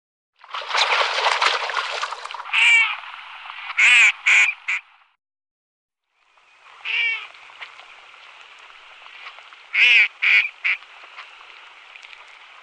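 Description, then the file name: Northern shoveler uttering short nasal quacks in small bursts, partly over a rough, hissing background noise at the start, then a gap of silence and more quacks. "Skedand"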